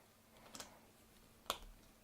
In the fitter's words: I definitely heard it click that time did you